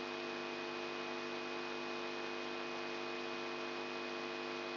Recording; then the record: brain microelectrode recording played as sound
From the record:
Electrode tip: inside the subthalamic nucleus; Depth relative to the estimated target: -1 mm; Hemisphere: right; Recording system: AlphaMap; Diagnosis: Parkinson's disease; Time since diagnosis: 14 years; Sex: female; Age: 63 years